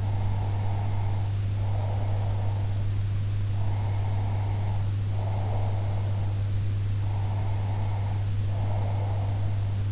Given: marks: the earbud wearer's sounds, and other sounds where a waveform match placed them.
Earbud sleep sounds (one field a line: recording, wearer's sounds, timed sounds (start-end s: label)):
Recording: sounds in sleep by an in-ear microphone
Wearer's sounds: breath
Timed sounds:
0.00-2.91 s: breath
3.54-6.48 s: breath
7.08-9.83 s: breath